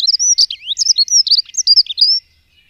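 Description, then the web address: Dunnock song: a bright, rapid tumble of high whistled and squeaky notes, evenly hurried, lasting just over two seconds before it stops. "agykontroll Madardalok Cd 1. Erdei szürkebegy"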